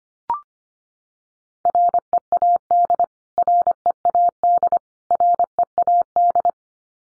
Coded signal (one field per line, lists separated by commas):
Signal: Morse code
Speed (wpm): 25 wpm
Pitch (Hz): 700 Hz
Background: none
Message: READ READ READ